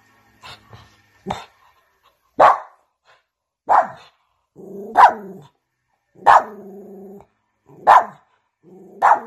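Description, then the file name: Dog barking steadily, roughly one bark every second or so, with low growling rumbles between several of the barks. Cute dog barking. "Tieng cho sua de thuong dang yeu"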